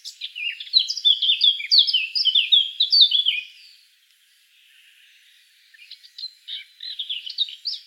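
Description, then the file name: Eurasian blackcap delivering a bright, hurried warble of jumbled chirps and slurred whistles, then a short silence and a softer resumed phrase. "Sylvia atricapilla"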